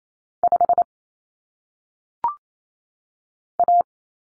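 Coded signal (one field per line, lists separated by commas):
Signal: Morse code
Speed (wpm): 28 wpm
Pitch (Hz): 700 Hz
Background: none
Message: 5 A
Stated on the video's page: Morse code practice drill of common cut numbers for single digits at 28 WPM.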